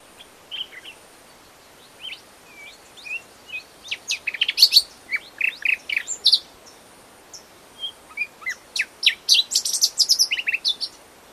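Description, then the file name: Common nightingale song: varied phrases of whistles, sharp chips and rapid rattling trills, with short pauses between phrases. "Luscinia megarhynchos"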